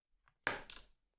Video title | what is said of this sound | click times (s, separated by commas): ipad air 3 cover unboxing review malayalam | കണ്ടില്ലേ ആ ഒരു സൗണ്ട് വരുന്നുണ്ട് അതൊക്കെ സൂപ്പർ തന്നെയാണ് | 0.5 s